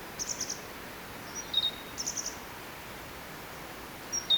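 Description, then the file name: Great tit: short high chirping notes in small clusters, with a few thin whistled notes between. "Parus major"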